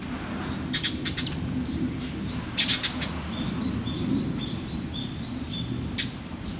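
Bird giving a run of high, short chirps, with scattered sharp clicks, over steady low rumbling noise.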